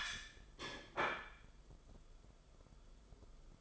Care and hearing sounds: daily activity, microphone in the room; place plate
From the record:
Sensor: 5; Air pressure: 994.6 hPa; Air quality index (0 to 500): 170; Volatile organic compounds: 572 ppm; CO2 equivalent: 4908 ppm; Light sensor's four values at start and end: 9/22/9/10 and 9/22/9/10

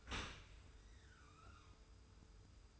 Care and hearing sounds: daily activity, microphone in the room; open dishwasher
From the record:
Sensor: 2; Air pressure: 991.2 hPa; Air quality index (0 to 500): 142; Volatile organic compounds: 285 ppm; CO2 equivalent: 4448 ppm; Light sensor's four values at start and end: 40/115/45/43 and 40/115/45/43

